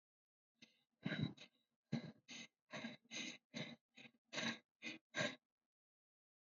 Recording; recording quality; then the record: shallow breathing; excellent, no background noise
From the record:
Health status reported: COVID-19 positive, no symptoms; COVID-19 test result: positive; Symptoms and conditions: cough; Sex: female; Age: 45 years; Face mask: worn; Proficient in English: yes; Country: India